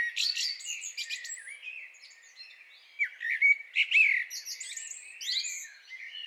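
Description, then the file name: Common blackbird song, fluty whistles and high squeaky twittering in several phrases with quieter stretches between. "Turdus merula"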